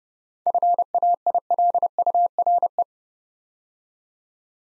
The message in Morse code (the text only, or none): FAILURE